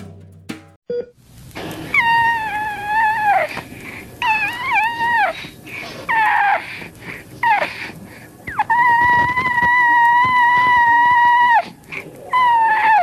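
Infant with cri du chat syndrome (deletion of the end of chromosome 5) crying in repeated high-pitched, tonal wails, much higher than a normal baby's cry; this cry is the characteristic feature of the syndrome.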